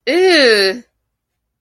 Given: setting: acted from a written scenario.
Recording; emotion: vocal sound without words; disgust